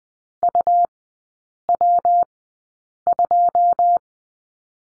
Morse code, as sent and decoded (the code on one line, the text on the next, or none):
..- .-- ..---
UW2